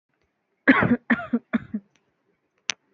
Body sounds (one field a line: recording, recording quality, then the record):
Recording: shallow voluntary cough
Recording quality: moderate, slight background noise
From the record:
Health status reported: healthy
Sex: female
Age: 23 years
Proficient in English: yes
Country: India